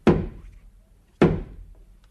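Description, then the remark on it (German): Two heavy, hollow knocks on the door of a house, spaced about a second apart, each with a short ringing decay and no voices. “Dann schlage ich noch mal an das Haus, damit die Mutter kommt heraus.”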